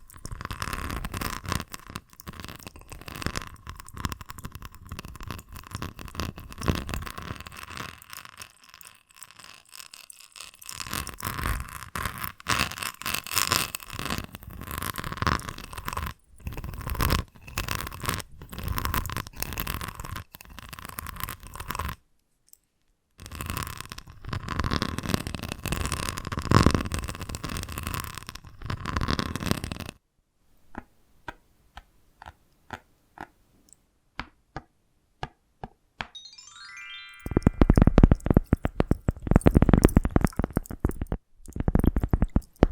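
Fingers tap, scratch and trace across a surface in dense, rapid strokes, with brief silences around 10, 22 and 30 seconds. A steady faint tone runs beneath the first half. Near the end comes a quick rising sweep, then louder, heavier scratching.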